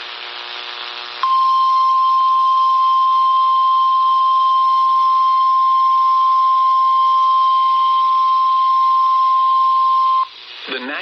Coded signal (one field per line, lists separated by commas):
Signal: Emergency Alert System (SAME) tones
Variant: 1050 Hz attention tone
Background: speech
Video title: I could've gotten more if I wasn't asleep. EAS Alerts From 6/29/23 (EAS 182-189)